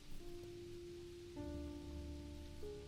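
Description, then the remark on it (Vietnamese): Heavy, noisy rain with wind pours in a steady, dense hiss without pause, with a low sustained hum of tones running underneath that shifts pitch partway through. “Âm thanh yếu ớt của bà chìm nghỉm vào trong màn mưa ồn ả.”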